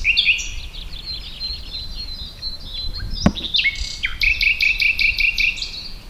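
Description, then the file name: Common nightingale song, a jumble of varied whistles, then a sharp click and a rhythmic burst of rapidly repeated notes. "Luscinia megarhynchos"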